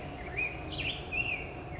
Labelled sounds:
Black-headed Grosbeak (Pheucticus melanocephalus)
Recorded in Sonoma County, California

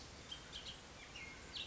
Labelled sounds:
Bullock's Oriole (Icterus bullockii)
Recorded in Sonoma County, California

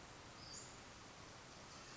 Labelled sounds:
Western Flycatcher (Empidonax difficilis)
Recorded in Sonoma County, California

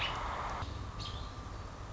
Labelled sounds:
American Robin (Turdus migratorius)
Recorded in Sonoma County, California

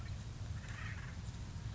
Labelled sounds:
Acorn Woodpecker (Melanerpes formicivorus)
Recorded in Sonoma County, California

